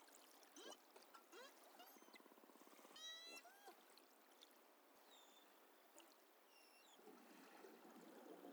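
Beluga whale calls: a mix of upsweeping whistles, rapid buzzy pulse trains and scattered clicks, varied and irregular over a hissing background.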